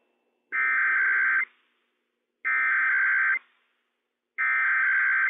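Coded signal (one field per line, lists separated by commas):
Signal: Emergency Alert System (SAME) tones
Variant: header bursts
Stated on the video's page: Required Weekly Test from the state emergency operations center, received via NOAA Weather Radio.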